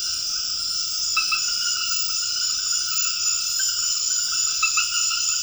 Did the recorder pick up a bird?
no